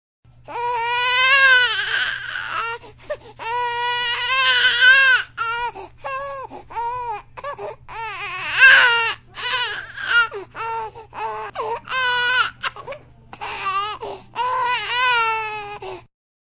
Baby Crying.